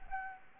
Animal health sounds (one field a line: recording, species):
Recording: mosquito wingbeat signal from an infrared sensor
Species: Anopheles gambiae